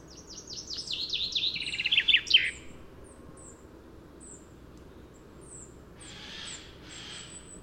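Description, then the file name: Common chaffinch song: a fast run of sharp notes falling in pitch, ending in a brief flourish, with thin high chirps from another bird repeating afterward. "Fringilla coelebs"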